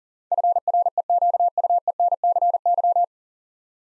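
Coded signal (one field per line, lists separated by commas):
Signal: Morse code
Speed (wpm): 42 wpm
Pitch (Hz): 700 Hz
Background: none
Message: FREQUENCY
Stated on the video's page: Morse practice at 40 wpm, building 9-letter words three letters at a time for instant character recognition.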